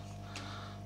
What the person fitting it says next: der ist auch wo eingerastet also betrachte ich das auch mal als erfolgreich